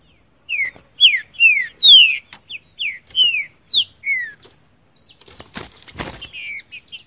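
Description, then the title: Green-winged saltator song: a run of loud descending whistled slurs, followed by fainter high chips and a brief noisy burst near the end. "Canto De Trinca Ferro"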